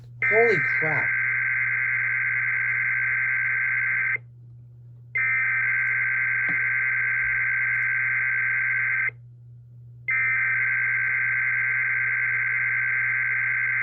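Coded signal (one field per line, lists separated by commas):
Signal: Emergency Alert System (SAME) tones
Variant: header bursts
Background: speech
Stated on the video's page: Weekly tests on the Emergency Alert System.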